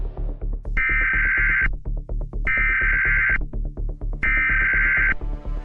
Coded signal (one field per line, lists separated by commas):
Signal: Emergency Alert System (SAME) tones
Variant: header bursts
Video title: Doctor Who: The Unified Incursion | An EAS Simulation